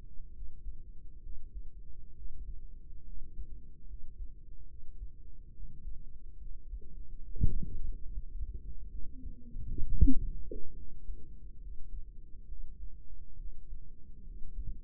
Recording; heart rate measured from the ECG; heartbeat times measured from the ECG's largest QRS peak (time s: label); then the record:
heart sounds by microphone in the right ear; 69 bpm
0.31 s: heartbeat
1.20 s: heartbeat
2.12 s: heartbeat
3.03 s: heartbeat
3.85 s: heartbeat
4.65 s: heartbeat
5.50 s: heartbeat
6.37 s: heartbeat
7.18 s: heartbeat
8.00 s: heartbeat
8.88 s: heartbeat
9.82 s: heartbeat
10.73 s: heartbeat
11.58 s: heartbeat
12.45 s: heartbeat
13.34 s: heartbeat
14.22 s: heartbeat
From the record:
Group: healthy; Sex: female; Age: 22 years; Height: 154 cm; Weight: 58.7 kg